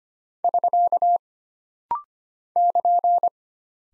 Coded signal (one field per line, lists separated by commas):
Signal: Morse code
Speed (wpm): 25 wpm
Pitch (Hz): 700 Hz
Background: none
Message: <SK> <KN>